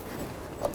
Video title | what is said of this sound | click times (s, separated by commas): How to Replace Front ABS Speed Sensor 2007-11 Honda Civic | other body mount tab just snapped it into place here | 0.7 s